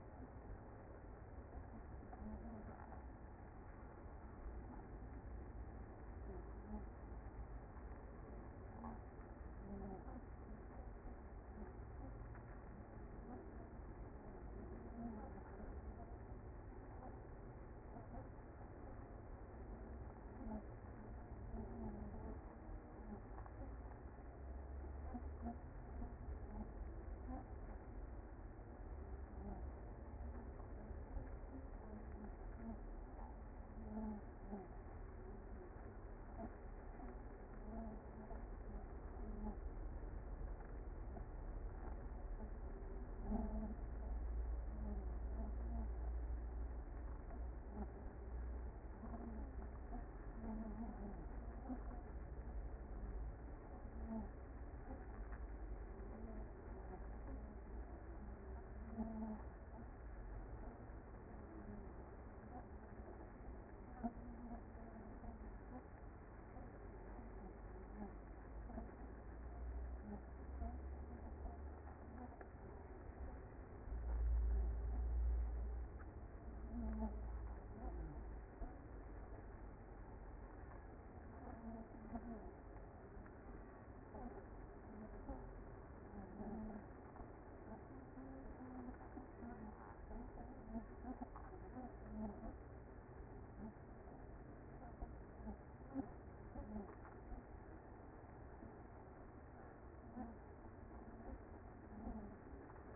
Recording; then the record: honeybee colony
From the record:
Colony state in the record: active